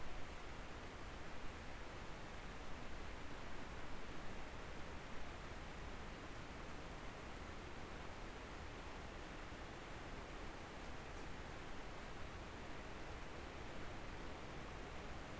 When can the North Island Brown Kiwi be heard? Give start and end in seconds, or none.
none